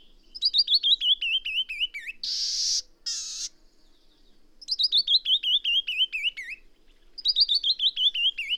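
Bird song of three descending trills of crisp whistled notes, with two grating buzzy bursts between the first and second.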